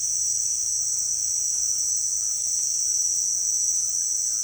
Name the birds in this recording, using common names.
none